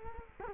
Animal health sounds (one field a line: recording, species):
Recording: mosquito wingbeat signal from an infrared sensor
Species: Culex quinquefasciatus